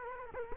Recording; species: mosquito wingbeat signal from an infrared sensor; Culex quinquefasciatus